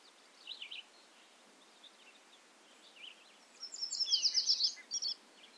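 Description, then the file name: Bobolink song: faint high notes first, then a rapid fluttering, bubbly burst of tinkling notes toward the end. Recorded at Ferme Beauchamp. "A bobolink talks to you from Ferme Beauchamp"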